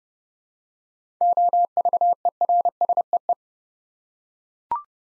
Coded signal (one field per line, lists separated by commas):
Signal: Morse code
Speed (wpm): 30 wpm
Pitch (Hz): 700 Hz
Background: none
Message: OVERSEE